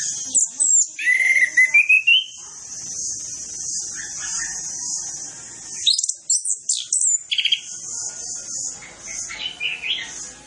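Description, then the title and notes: Orange-headed Thrush song of rising whistles and rapid chirps over a steady high insect-like buzz that runs throughout. Lure training recording of full mimicry-filled song, played to prompt Orange-headed Thrushes to sing quickly and freely. "Masteran Anis Kembang Full Isian Untuk Suara Pancingan Anis Kembang Agar Cepat Ngeplong. Suara Burung Anis Kembang"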